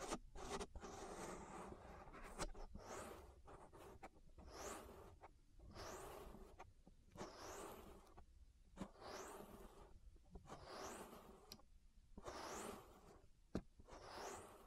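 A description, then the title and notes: An ear massage with soft, rustling rubs that come in repeated strokes about every one to two seconds, each ending in a brief brighter swish. The texture is dense and papery, with a few sharp clicks or taps scattered through, and little silence between strokes. ASMR Relaxing Ear Massage.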